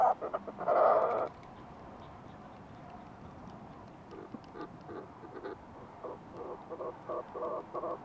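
Fulmar prion call: a loud harsh croaking burst near the start, followed by quieter pulsed notes.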